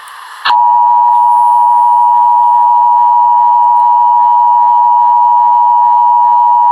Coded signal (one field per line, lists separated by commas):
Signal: Emergency Alert System (SAME) tones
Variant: 853 and 960 Hz attention tone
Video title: 4 Pennsylvania EAS Required Monthly Tests (10/18/18) (EAS #2-5)